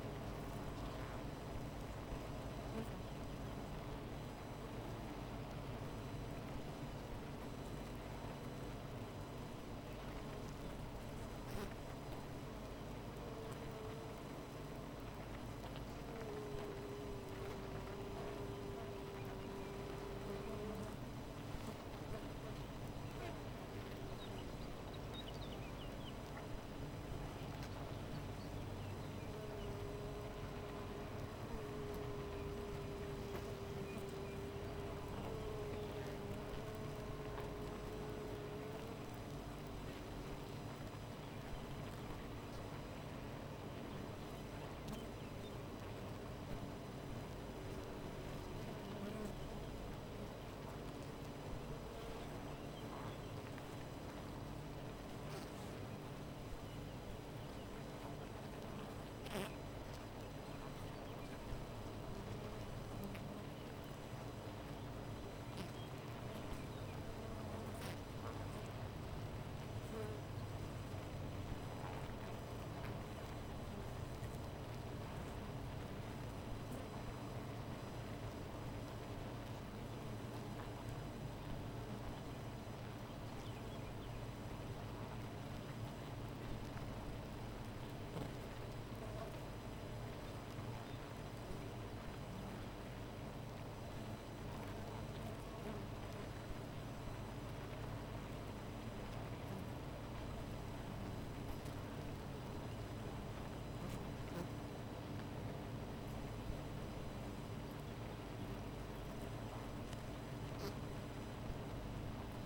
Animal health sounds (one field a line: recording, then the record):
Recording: honeybee colony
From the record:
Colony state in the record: missing queen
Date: 14 July 2017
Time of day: 13:30